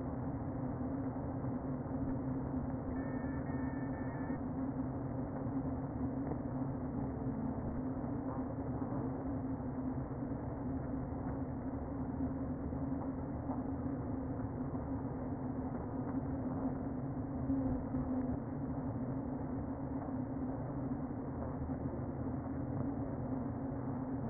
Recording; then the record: honeybee colony, microphone inside the hive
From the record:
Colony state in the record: queen present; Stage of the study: before two queens were removed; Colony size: about 60,000 bees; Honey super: yes